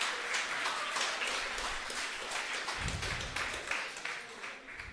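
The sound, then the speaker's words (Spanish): An audience bursts into applause for a boy who won a mathematics prize in the Comunidad de Madrid: many hands clapping in a dense, steady patter that holds at an even, fairly loud level for about five seconds, with no voices standing out. “Darle un aplauso, claro que sí.”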